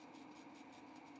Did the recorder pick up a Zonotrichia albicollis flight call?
no